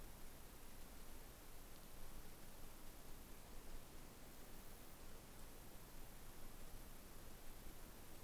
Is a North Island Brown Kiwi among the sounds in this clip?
no